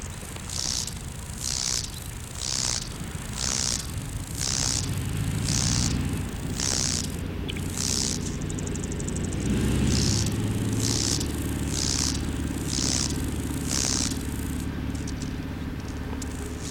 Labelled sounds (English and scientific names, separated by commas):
Lesser Marsh Grasshopper (Chorthippus albomarginatus) stridulation